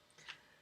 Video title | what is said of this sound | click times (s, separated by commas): NEW MAYBELLINE ULTIMATTE SLIM LIPSTICKS | kind of nice and then you have to snap it tight in place shut | 0.3 s